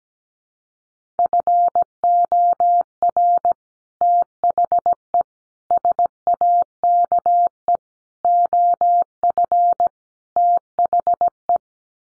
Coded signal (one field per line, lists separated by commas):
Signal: Morse code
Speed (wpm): 17 wpm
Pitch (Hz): 700 Hz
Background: none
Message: FOR THE SAKE OF THE